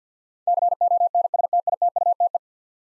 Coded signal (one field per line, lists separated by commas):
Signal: Morse code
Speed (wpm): 50 wpm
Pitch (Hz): 700 Hz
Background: none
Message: CONSTITUTE